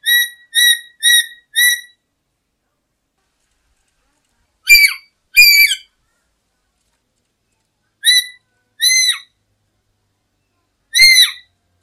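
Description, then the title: Black-capped lory giving harsh, whistled calls with strong harmonics: a quick run of four notes, then pairs and single notes spaced by pauses of a few seconds. "Nuri merah kepala hitam"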